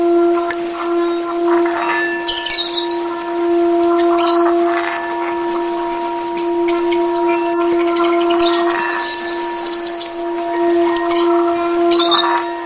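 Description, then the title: Oriental magpie-robin delivering scattered sharp chirps and whistled notes with pauses between phrases, a steady hum running beneath. "Kicau Kacer"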